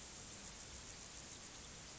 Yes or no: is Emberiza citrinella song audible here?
no